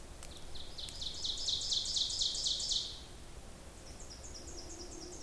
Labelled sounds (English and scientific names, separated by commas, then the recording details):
Ovenbird (Seiurus aurocapilla) song
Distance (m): 45 m
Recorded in boreal forest in Alberta, Canada, on 26 May 2016 at 07:14
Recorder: SongMeter 3, array SBT-3-15
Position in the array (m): 41 m, 274 m
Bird 20